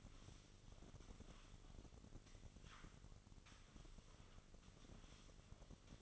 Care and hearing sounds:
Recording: daily activity, microphone in the room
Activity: sweep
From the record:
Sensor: 4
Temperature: 27.1 degrees Celsius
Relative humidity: 35.2%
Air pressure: 1003.9 hPa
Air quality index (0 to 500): 149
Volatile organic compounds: 2 ppm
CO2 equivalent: 1064 ppm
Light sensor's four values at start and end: 18/42/17/19 and 18/42/17/19

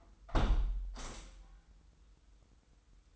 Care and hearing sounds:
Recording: daily activity, microphone in the room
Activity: close window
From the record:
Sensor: 3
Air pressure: 990.3 hPa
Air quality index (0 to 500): 179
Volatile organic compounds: 1000 ppm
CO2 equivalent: 5810 ppm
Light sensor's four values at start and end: 33/78/31/29 and 33/79/32/30

